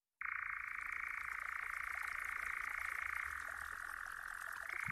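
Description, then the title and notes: European nightjar churring, a steady, unbroken mechanical trill running throughout, shifting a little higher near the end. "European Nightjar (Nattravn). Hans Petter Kristoffersen"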